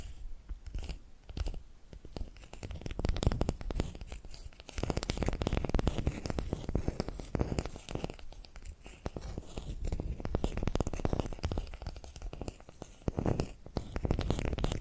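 Dense, busy tapping and scratching runs throughout, with quick crackly strokes, low thumps, and louder bursts around four to eight seconds.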